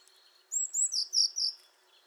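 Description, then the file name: Eurasian blue tit: high thin notes drop into a short series of three lower notes, over faint steady background noise. "Cyanistes caeruleus"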